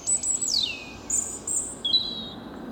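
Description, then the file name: European robin giving thin, high whistled notes, one sliding steeply downward, followed by short bright phrases at very high pitch; soft background hiss throughout. "Erithacus rubecula"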